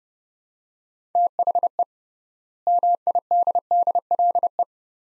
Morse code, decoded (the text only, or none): THE MIDDLE